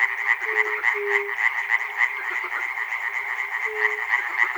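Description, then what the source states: Frogs calling in a dense chorus, rapid rattling croaks pulsing several times a second, with a few longer low drawn-out notes standing out now and then. Frogs recorded at Chernobyl.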